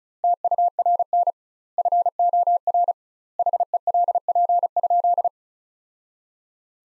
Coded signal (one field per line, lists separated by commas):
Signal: Morse code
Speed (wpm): 36 wpm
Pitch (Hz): 700 Hz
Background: none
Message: TURN FOR HELP?